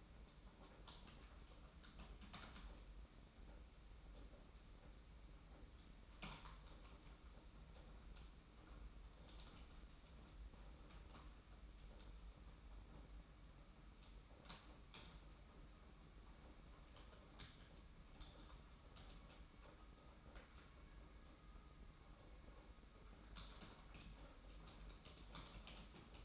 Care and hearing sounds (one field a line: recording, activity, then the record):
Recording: daily activity, microphone in the room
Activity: typing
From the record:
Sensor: 1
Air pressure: 991.7 hPa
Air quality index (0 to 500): 173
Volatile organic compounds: 1000 ppm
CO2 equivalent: 6550 ppm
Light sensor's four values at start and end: 29/100/38/39 and 29/100/38/39